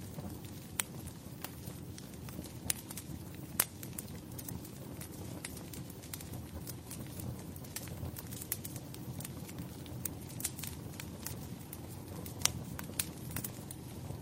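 A fire burns steadily indoors, a low soft roar underneath with frequent sharp crackles and pops scattered irregularly throughout.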